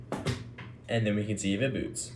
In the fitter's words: Let's get everything finished up by sliding in my RX 6800. Listen for the click.